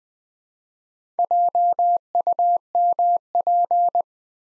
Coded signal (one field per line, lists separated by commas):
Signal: Morse code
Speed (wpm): 20 wpm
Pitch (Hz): 700 Hz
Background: none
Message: JUMP